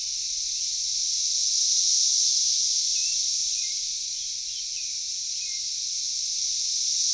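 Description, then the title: Cicadas hold a continuous shrill, hissing drone with slow swells in loudness, and a few faint short chirps come through around the middle. Cicadas calling in a backyard in Knoxville, Tennessee, USA. "3619 Alpine Dr SE, Knoxville, TN 37920, USA - Backyard Cicadas"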